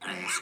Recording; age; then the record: pig call; piglet (1 to 25 days)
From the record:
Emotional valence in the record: negative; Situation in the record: castration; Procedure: castration, shear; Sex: male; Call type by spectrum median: high-frequency call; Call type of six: low-frequency tonal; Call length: 0.41 s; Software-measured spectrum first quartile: 1751 Hz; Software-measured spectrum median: 3125 Hz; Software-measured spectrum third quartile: 7238 Hz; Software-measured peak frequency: 2270 Hz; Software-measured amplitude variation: 102 dB a second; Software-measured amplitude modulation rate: 13.3 a second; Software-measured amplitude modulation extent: 7.7 dB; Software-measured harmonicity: 0.7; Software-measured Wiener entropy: -2.40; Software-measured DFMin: 640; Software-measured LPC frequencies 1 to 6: 1474, 2225, 2783, 3979, 5573, 6907 Hz